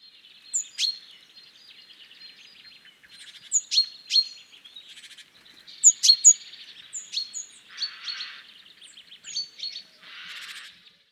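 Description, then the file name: Great tit calls: sharp high chinks in small clusters every few seconds, followed by harsh buzzy churring bursts toward the end, with a quiet background. "Parus major"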